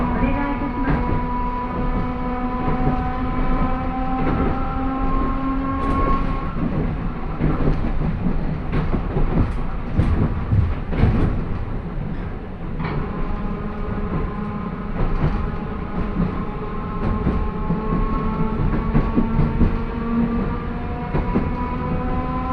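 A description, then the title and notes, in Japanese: A train driven by nose-suspended traction motors growls loudly as it runs, with a steady rumble underneath. Several tones whine together and slowly rise in pitch, drop back around the midpoint, then climb again. Sharp clatters and knocks from the wheels break through around six to eleven seconds. 万葉線 高岡駅→越ノ潟。電車は吊りかけモーターなので中々の唸りをあげています。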